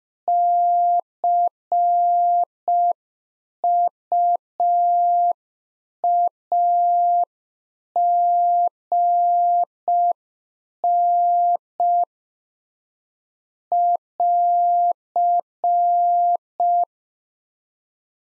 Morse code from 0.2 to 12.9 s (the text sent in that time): CUAGN